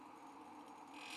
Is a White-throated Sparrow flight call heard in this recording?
no